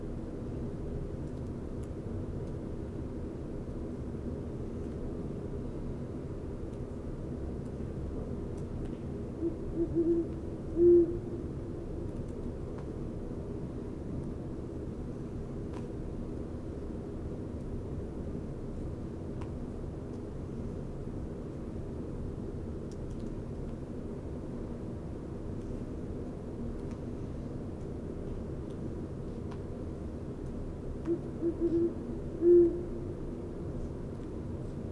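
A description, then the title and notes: A great horned owl calls twice, near 10 seconds and again near 31 seconds, each a short series of low hoots ending in a stronger note. Between calls a steady low rumble, like traffic or aircraft, fills the background. A Great Horned Owl was calling for over an hour near west Dyke Marsh. This was recorded about 2:20am. Recorded with Fostex FR-2, Sennheiser ME 62, Telinga Parabola.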